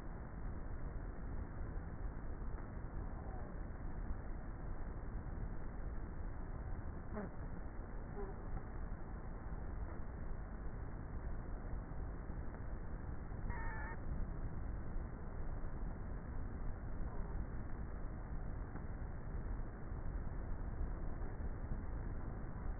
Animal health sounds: honeybee colony, microphone inside the hive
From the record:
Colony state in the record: queenless with a low population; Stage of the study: before two queens were removed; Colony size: about 30,000 bees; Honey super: no

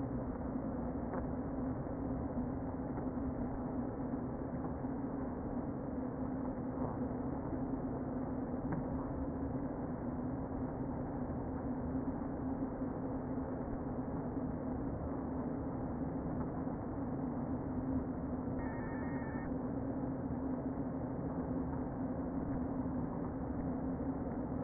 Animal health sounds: honeybee colony, microphone inside the hive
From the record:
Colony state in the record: queen present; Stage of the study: before two queens were removed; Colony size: about 60,000 bees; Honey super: yes

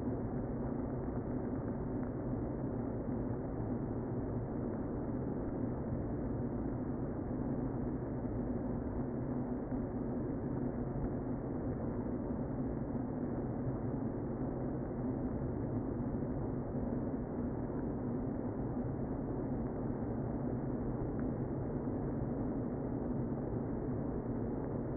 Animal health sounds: honeybee colony, microphone inside the hive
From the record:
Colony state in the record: queen present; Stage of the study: before two queens were removed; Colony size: about 60,000 bees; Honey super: yes

